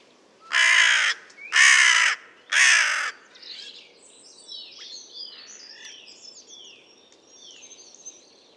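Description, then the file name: Carrion crow delivering three harsh caws in rapid sequence, followed by several seconds of high chirping and twittering from small birds. "Corvus corone"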